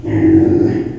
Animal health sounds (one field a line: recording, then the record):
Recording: squeal of a Yucatan mini pig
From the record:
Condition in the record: before surgery on the right vocal fold (resection and tissue-engineered implant)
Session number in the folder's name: 2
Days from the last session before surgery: -15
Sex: female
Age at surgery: 19 weeks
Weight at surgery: 25 kg